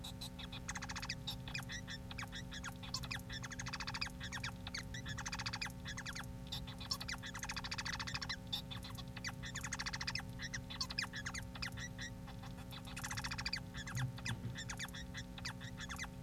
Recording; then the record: song of a male Bengalese finch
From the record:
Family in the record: son of father 4